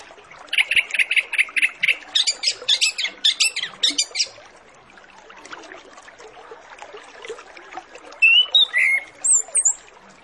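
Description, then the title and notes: Orange-headed Thrush song: a fast series of sharp repeated chipping notes for about four seconds, a hissy pause, then a short burst of whistles near the end. Full-fill master recording used as a lure to get Orange-headed Thrushes to sing quickly and openly. "Masteran Anis Kembang Full Isian Untuk Suara Pancingan Anis Kembang Agar Cepat Ngeplong. Suara Burung Anis Kembang"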